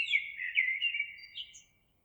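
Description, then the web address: Eurasian blackbird song fragment, a warbled mellow whistle trailing off with a brief high twitter, ending after under two seconds. Recorded 26 April 2022. "oiseaux Merle 2022 04 26"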